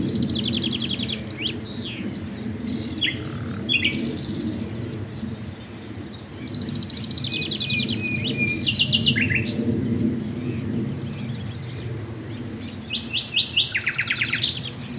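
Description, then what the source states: Common nightingale song: bursts of fast repeated notes, abrupt downslurred whistles and rattling trills, separated by short pauses, with steady low background hiss and rumble. Recorded at Swale.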